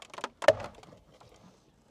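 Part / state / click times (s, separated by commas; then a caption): glove box door into dashboard / seated / 0.5 s. During a cabin air filter replacement on a 2018 Camaro SS, the restraining tab is held out of the way with one hand while the plastic glove box door is swung back up into the dashboard. A few light plastic taps and rattles lead up to a sharp, loud click at 0.5 s, followed by a brief fading rattle. The glove box is latched into place.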